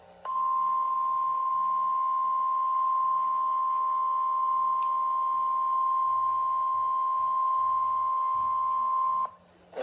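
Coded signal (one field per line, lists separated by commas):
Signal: Emergency Alert System (SAME) tones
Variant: 1050 Hz attention tone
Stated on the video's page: National Weather Service Houston/Galveston Severe Thunderstorm Warning.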